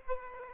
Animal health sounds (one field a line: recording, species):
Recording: mosquito wingbeat signal from an infrared sensor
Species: Aedes aegypti